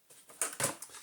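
A plastic dust container part of a restored Miele Blizzard cylinder vacuum cleaner is pushed into the vacuum cleaner body. A soft scrape comes at 0.3 s, then a sharp, bright click at 0.4 s and a lighter tap at 0.8 s. The part latches into its housing and is seated.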